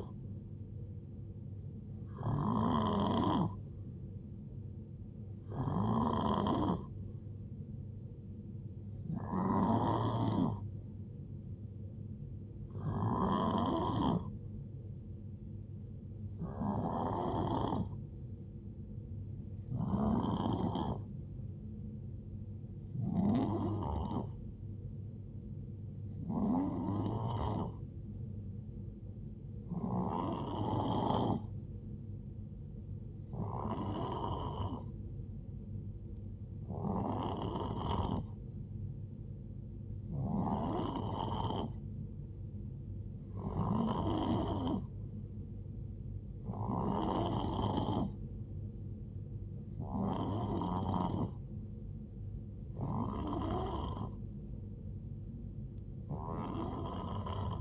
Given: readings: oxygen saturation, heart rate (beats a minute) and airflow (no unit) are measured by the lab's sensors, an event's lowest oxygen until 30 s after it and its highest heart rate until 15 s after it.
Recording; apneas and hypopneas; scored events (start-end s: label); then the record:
breathing in sleep by a smartphone at the bedside; 1
19.00-40.30 s: hypopnea (N3, oxygen 92% highest, then 89% lowest, heart rate 72 at the start, 76 highest)
From the record:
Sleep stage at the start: N3 (deep sleep); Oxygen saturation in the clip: 89 to 92%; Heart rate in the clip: 63 to 76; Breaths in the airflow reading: 17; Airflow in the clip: -8.0 to 5.2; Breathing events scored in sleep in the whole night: 389 in 6.3 hours asleep